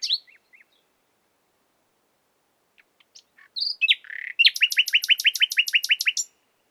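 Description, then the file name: Common nightingale song: a few scattered sharp notes, then a rapid, even series of many loud downslurred notes, over a clean, quiet background. "Luscinia megarhynchos"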